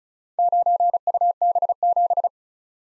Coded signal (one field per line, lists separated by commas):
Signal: Morse code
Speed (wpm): 36 wpm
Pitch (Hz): 700 Hz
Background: none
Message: 9UB7